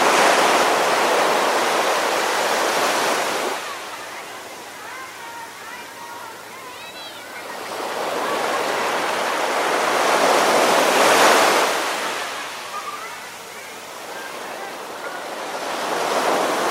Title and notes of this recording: Sounds of Waves and Seagulls. The sounds of waves gently lapping the shore and seagulls calling overhead